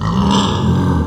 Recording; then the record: squeal of a Yucatan mini pig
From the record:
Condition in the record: after surgery on the right vocal fold (resection and tissue-engineered implant); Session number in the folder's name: 15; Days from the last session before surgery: 175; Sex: female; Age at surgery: 19 weeks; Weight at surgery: 25 kg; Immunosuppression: prednisolone